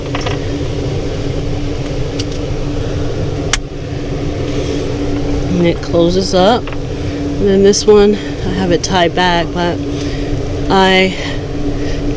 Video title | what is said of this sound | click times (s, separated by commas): Safety In Parker.. How I Keep Safe As A Solo Female Traveler | this and i made this with snaps so it just snaps right in and it | 0.1 s, 2.2 s, 3.5 s